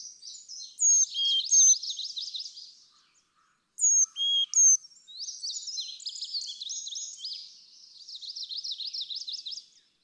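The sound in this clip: Carolina chickadee song: clear whistled notes alternating high and low, given in two bursts, with busy high buzzy chattering around them.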